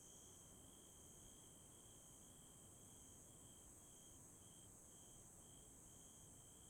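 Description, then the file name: Bell cricket song, high and bell-like, first drawn out as a near-continuous ringing tone, then broken into short regular pulses, with a constant high hiss behind. "鈴虫鳴き声"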